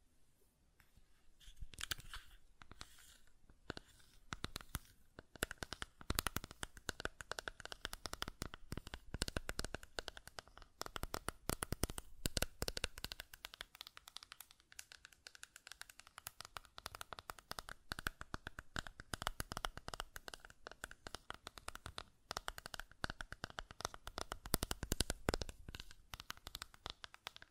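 Buttons click and tap in quick, irregular bursts throughout, dense sharp clicks with brief pauses, occasional louder snaps standing out among them.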